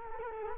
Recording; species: mosquito wingbeat signal from an infrared sensor; Culex quinquefasciatus